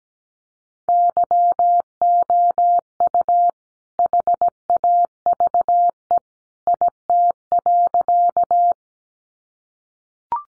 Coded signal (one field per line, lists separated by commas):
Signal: Morse code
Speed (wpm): 17 wpm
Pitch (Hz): 700 Hz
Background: none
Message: YOU HAVE IT.